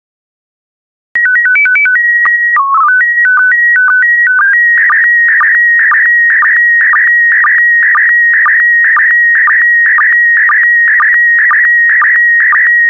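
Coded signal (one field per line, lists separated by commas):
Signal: SSTV (slow-scan television)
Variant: PD120 mode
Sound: stepping header beeps, then a warbling tone with a click twice a second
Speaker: complete. You can now check your decoded image against the picture that is shown on the video.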